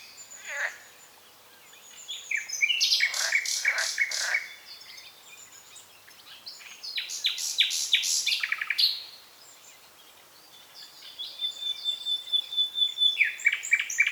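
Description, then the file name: Common nightingale song: a sharp note, then loud pulsing trilled phrases, a pause, and a final clear whistle leading into a rapid repeated series. "Luscinia megarhynchos"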